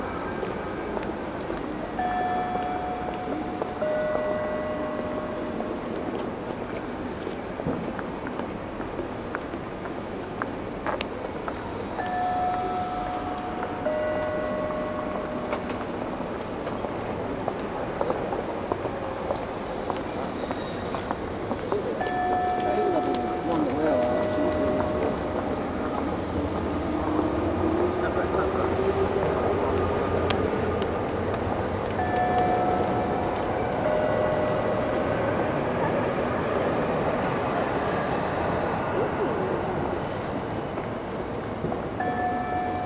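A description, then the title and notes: A short recorded chime at a building entrance repeats about every ten seconds, a few clear bell-like notes stepping down in pitch. Steady city bustle fills the background, with voices and traffic, and a vehicle swells past midway through. Tokyo International Forum chimes. Bing bong, there's a little canned chime at one of the entrances to the Tokyo International Forum.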